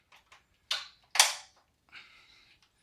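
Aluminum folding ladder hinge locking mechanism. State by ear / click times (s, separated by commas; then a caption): not seated / none. Someone moves a section of a Franklin 17 ft Type IA aluminum multi-position multi-task ladder at its locking hinge to make it engage. Faint taps at 0.1 and 0.3 s lead into two sharp metal-on-metal knocks at 0.7 and 1.2 s, followed by a softer rattling scrape from about 1.9 to 2.6 s. The hinge lock fails to engage, and nothing has seated or clicked into place yet.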